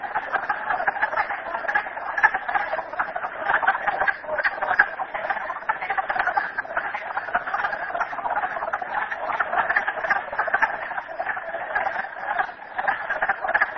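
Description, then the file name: Frog chorus of many overlapping, rapidly pulsed croaks forming a steady, buzzing wall of sound from start to finish. Recorded at Merryspring. "frogs merryspring 42008"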